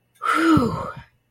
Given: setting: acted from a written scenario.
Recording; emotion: vocal sound without words; relief